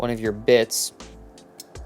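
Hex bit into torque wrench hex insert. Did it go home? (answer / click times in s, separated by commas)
no / none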